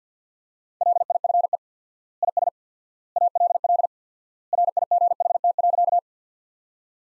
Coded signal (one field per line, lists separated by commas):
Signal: Morse code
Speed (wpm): 50 wpm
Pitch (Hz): 700 Hz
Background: none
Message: LIFE IS ALL RIGHT.